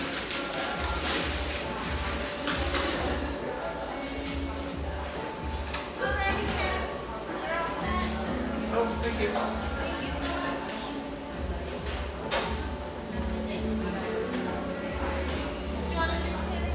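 Inside a neighborhood espresso shop in Portland, Oregon, a steady low hum runs throughout beneath overlapping chatter from several voices. Sharp clinks and knocks of cups and equipment break through every second or two, with a louder clatter near twelve seconds.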